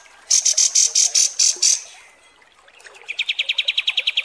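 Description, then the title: Kapas tembak song: a series of loud high buzzy pulses, a pause, then a softer run of quick repeated chirps. Masteran training recording used to tutor cage birds, described as a deluxe version. "Masteran Kapas Tembak Mewah"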